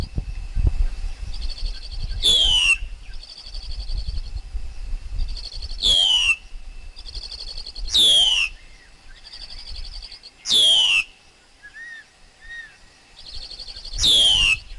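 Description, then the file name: Black-collared Starling song: a shrill squeal sweeping downward, repeated every two to four seconds, with buzzy rattling phrases and soft chirps in between. Wild forest bird's song, used for teaching young birds to sing. "Tieng chim ca cuong rung tap chim con hot"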